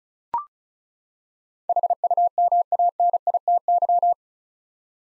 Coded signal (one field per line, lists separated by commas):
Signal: Morse code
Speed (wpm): 36 wpm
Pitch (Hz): 700 Hz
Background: none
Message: HUMANITY